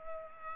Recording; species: mosquito wingbeat signal from an infrared sensor; Culex pipiens